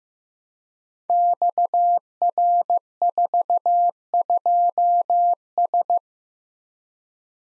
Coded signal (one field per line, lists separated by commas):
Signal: Morse code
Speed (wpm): 15 wpm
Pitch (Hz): 700 Hz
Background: none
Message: XR42S